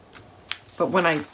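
A small disc magnet closure (a small basic gray magnet) on the flap of a chipboard Stamperia Imagine mini-album page snaps shut while the page lies flat, giving a sharp click at 0.5 s. The closure seats, though it opens again under its own weight when the page is tipped, so the magnet is too small. Someone talks afterward.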